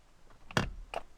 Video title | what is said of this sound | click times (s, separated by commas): UPGRADE Your 09-14 F150/Raptor Steering Wheel with CARBON FIBER! | Okay, so now you see it released there. | 0.6 s